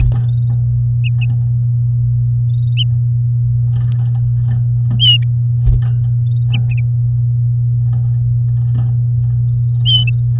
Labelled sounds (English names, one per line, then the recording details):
Domestic Canary song
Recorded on 11 May 2018 at 09:39
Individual llb16